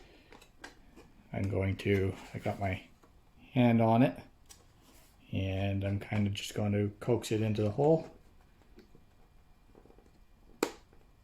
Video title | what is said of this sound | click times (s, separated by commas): Rc jeep hard body build video | and you should hear a snap. | 10.6 s